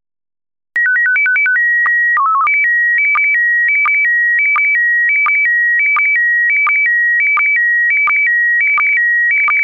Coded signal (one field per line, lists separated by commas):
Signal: SSTV (slow-scan television)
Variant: PD 90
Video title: Slow Scan Radio Ep 10, September 26, 2018